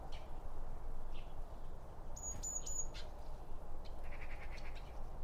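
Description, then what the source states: Birds giving two sharp high chirps close together, followed by a short series of softer rapid notes, over a constant low rumble. Around a bird feeder, with two Line Audio OM 1 microphones.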